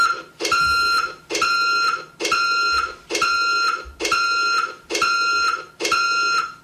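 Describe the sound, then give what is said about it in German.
A truck's reversing warning beeper sounds seven times in a steady rhythm, each loud, buzzy, mid-pitched tone lasting most of a second with brief gaps between. No one speaks. “Nein, ich fahre nur gerade mit einem LKW rückwärts.”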